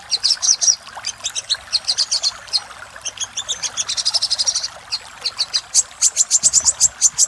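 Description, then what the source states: Little spiderhunter song: high, staccato chips in uneven runs, one stretch becoming a fast dense trill before returning to spaced, ringing notes. Master recording for training cage birds.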